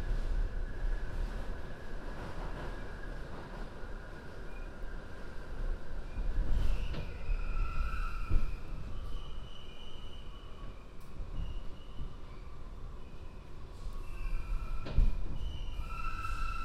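A binaural field recording made during a ride across the city, with a steady low rumble of a train rolling on the tracks. Thin squeals and whines drift in and out above it, and sharp clanks strike around 8 and 15 seconds.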